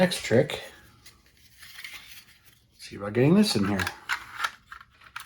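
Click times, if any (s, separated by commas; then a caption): none. Someone talks while handling a plastic part of a 1/25-scale Revell 1971 Oldsmobile 442 model kit, possibly the interior or chassis piece, lining it up to press into the plastic car body. Soft handling taps and small plastic ticks are heard between the speech. Nothing has seated or clicked into place yet.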